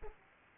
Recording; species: mosquito wingbeat signal from an infrared sensor; Culex pipiens